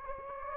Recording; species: mosquito wingbeat signal from an infrared sensor; Anopheles gambiae